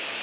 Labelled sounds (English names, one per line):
Palm Warbler flight call